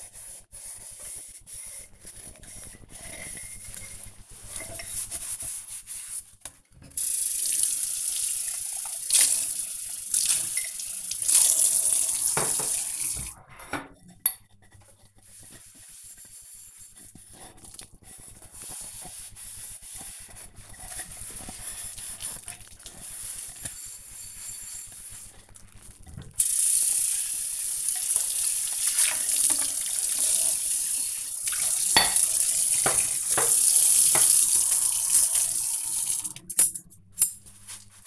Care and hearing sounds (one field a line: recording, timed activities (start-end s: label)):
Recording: household activities, microphone on the right wrist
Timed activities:
0.00-38.07 s: washing dishes